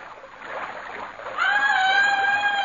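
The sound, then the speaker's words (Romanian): Rushing, splashing river water churns steadily near a mill as a boy splashes into the river and is drowning, then a loud, sustained high-pitched cry breaks out over the splashing and holds to the end. “Hai fuga că se neacă băiatul!”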